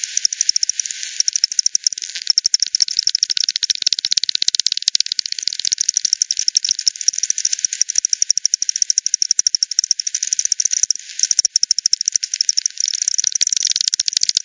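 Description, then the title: Bat echolocation clicks form a near-continuous rattling crackle of fast pulses throughout. Multiple bats at Hogsmill River, Hogsmill Lane, 7 October 2020 at 18:10; frequency-division bat detector output, band-pass filtered and resampled. "bat 20201007 T 18 : 10 Z-Hogsmill-Lane-Hogsmill-River-multiple-bats-FD 10"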